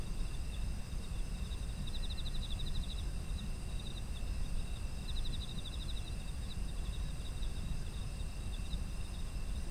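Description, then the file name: Insects chirping: sustained high-pitched trills, with fast pulsed chirp series bunched between two and seven seconds. A low steady rumble runs underneath. Autumn insects, ambient environmental sound. "秋の虫の環境音"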